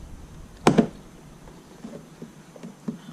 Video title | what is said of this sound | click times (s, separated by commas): TRUFIBER MIRROR SWITCH COVERS | Push it until it clicks. | 0.7 s